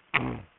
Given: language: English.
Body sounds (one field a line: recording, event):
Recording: throat vibration sensor signal played as sound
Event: throat clearing